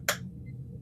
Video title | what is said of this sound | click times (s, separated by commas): Build the legendary cyborg ROBOCOP Issue 28 | you can hear it click into place look at that wow that's that's pretty good | 0.1 s